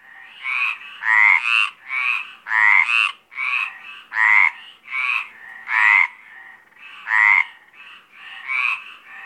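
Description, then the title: Mediterranean tree frogs calling together, strong nasal croaks alternating with quieter ones, a steady pulsing chorus. Mediterranean tree frogs calling at Apt, Vaucluse, in April 2010. "Sylvain Jaskowiak - Animus. Rainettes méridionales - Apt, Vaucluse - avril 2010"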